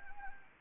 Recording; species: mosquito wingbeat signal from an infrared sensor; Anopheles gambiae